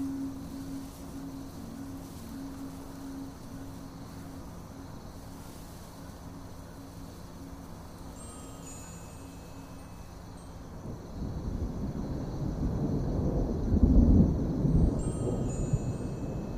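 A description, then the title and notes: A dark night in a forest village opens with a low, steady hum and faint murmur. High, thin chiming tones drift in around eight seconds. After eleven seconds a deep rumble swells, growing louder and rougher through the end, like thunder or a passing vehicle. Eerie night in the dark forest village.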